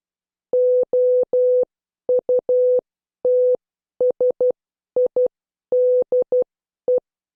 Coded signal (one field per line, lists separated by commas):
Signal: Morse code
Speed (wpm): 12 wpm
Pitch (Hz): 500 Hz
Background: none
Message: OUTSIDE